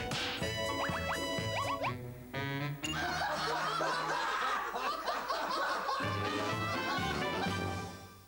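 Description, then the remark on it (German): A laugh-bag toy in the house plays its canned laughter in place of an audience: a tinny, warbling cackle with high-pitched trills, a brief pause, then a longer burst of mechanical chortling that runs loud and steady before trailing off. “Der Lachsack im Haus ersetzt das Publikum.”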